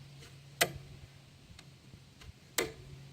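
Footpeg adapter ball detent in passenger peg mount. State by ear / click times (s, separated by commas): seated / 0.6 s, 2.6 s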